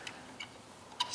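Pressing down on the release slot of a push-in (backstab) terminal on a 3-way wall light switch frees the copper wire. After faint ticks near 0.1 and 0.4 seconds, a sharp click at 1.0 seconds marks the terminal letting go, and the wire pops out, released.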